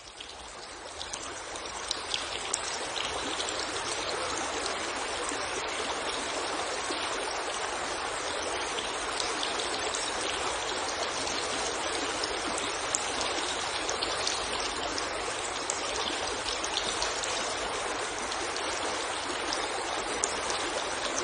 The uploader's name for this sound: The clear stream, clear and transparent, refreshing and lingering